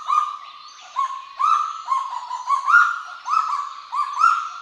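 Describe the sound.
Kagu series of steady tonal notes, one longer held note followed by quicker repeated ones that rise slightly in pitch.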